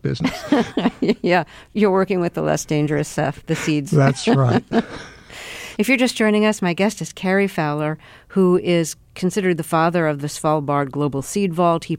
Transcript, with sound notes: Yeah. You're working with the less dangerous of the seeds (laughter).
That's right.
If you're just joining us, my guest is Cary Fowler, who is considered the father of the Svalbard Global Seed Vault.